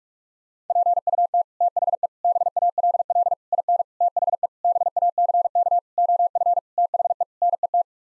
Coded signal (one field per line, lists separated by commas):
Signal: Morse code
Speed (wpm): 42 wpm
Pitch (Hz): 700 Hz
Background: none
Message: PUT THE BALL IN THE BACK OF THE NET